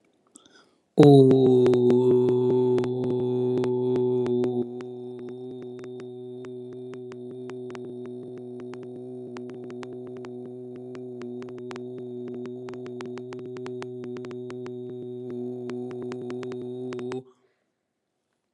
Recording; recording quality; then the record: sustained vowel as in boot; excellent, no background noise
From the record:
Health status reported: healthy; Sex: male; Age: 38 years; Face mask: not worn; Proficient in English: yes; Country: India